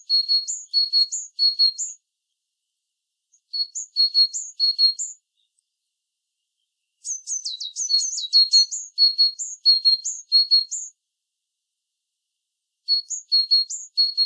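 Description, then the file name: Great tit singing in bursts of high, clear two-note phrases repeated quickly, with one busier, more jumbled phrase in the middle and silent pauses between bursts. "Parus major"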